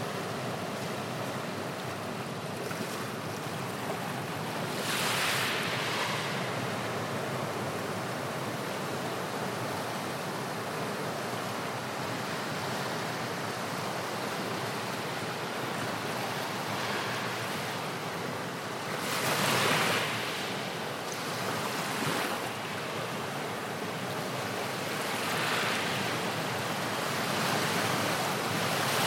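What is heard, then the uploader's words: Slow waves break on a beach in a steady, dense wash of surf that rolls on without pause. Brighter crashes surge up around 5, 19 and 25 seconds, each fading back into the continuous hiss. Wind adds a low rumble underneath. Slowly breaking waves on Hermosa Beach on the west coast of Costa Rica. Recorded by Marcel Gnauk.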